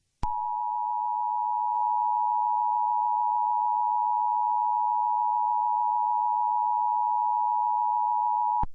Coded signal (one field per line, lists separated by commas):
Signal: Emergency Alert System (SAME) tones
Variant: 853 and 960 Hz attention tone